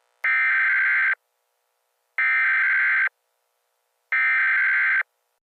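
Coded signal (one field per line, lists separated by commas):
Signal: Emergency Alert System (SAME) tones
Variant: header bursts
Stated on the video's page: Emergency Alert System scenario, a fictional blizzard alert.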